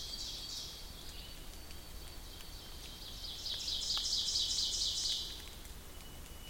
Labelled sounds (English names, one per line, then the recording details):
Ovenbird song
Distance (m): 35 m
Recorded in boreal forest in Alberta, Canada, on 2 June 2016 at 07:15
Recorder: SongMeter 3, array SBT-3-7
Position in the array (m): 45 m, 157 m
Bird 4